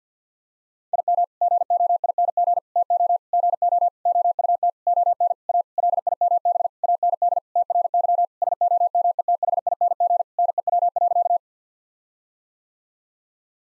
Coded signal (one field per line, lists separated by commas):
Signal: Morse code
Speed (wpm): 50 wpm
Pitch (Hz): 700 Hz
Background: none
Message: IM GOING TO GO OUT ON A LIMB AND TRY SOMETHING NEW.